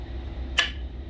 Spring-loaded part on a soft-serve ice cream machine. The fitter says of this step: going to push that back down right there. Did y'all hear that snap?